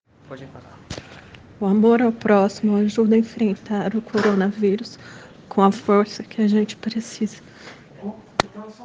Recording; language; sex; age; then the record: spoken sentence; Brazilian Portuguese; female; 40 to 49 years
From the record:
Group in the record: respiratory insufficiency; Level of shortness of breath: 5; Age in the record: 43 years